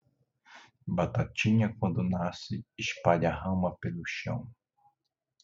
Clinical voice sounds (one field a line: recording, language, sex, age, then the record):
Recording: short text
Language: Brazilian Portuguese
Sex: male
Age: 40 to 49 years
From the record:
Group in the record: control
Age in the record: 45 years